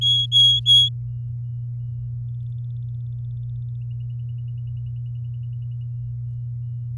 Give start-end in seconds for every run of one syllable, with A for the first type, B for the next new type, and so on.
0.01-0.89 A